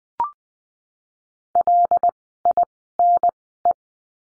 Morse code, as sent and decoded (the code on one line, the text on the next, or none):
.-.. .. -. .
LINE